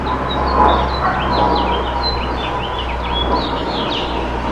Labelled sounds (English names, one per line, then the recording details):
House Finch song
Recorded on Long Island, New York, on 8 June 2012
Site WH
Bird D